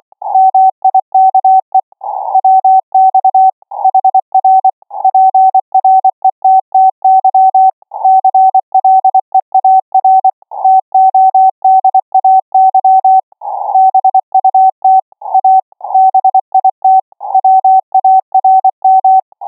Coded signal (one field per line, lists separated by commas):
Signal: Morse code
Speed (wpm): 24 wpm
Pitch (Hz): 760 Hz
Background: none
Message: MIKE WX HR PRETTY CLEAR TODAY BUT A BIT WARM